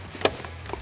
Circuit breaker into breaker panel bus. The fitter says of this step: and make sure that it's clipped on over here so now you'll hear it click